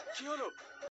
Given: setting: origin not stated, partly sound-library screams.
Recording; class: one-second piece from a danger detection set; woman in danger